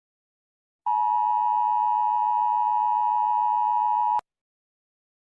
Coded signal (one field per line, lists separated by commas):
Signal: Emergency Alert System (SAME) tones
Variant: 853 and 960 Hz attention tone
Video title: That's No Virus... - UK EAS & SCP Scenario